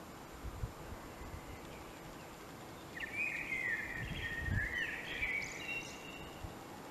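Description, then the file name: Common blackbird song, a short burst of warbled fluty notes midway through, with soft low thumps and constant hiss behind. "Turdus merula"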